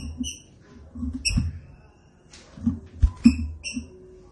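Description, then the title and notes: Green-winged saltator song: short, clear whistled notes with bright overtones, given in a few brief bursts, mixed with low thumps. Classic song style of the green-winged saltator, called trinca-ferro, used as a training recording. "Canto Clássico Trinca Ferro TREINAMENTO. trinca fero"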